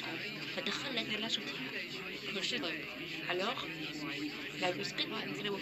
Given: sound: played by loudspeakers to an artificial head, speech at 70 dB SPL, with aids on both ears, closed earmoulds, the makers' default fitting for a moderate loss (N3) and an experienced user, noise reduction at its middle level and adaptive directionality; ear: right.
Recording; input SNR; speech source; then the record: speech test signal (ISTS) in cocktail-party noise; 0 dB; in front (0 degrees)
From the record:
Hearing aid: class 1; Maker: D